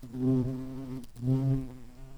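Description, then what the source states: White-tailed bumblebee buzzing: two low, droning bursts rich in harmonics, each about a second long, separated by a short dip in loudness. Queens.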